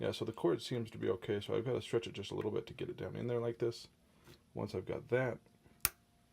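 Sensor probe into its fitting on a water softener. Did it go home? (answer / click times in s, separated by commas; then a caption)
yes / 5.9 s. A sensor probe's cord is stretched slightly into position on a water softener while someone talks. The probe cord clip is then pushed home and clicks into place with a sharp, loud snap at 5.8 s, leaving it seated properly.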